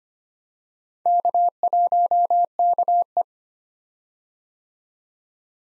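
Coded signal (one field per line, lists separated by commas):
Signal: Morse code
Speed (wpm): 25 wpm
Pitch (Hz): 700 Hz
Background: none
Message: K1KE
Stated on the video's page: Morse practice drill of random four-character letter-number groups at 25 wpm, each sent, then spoken, then sent again for head-copy.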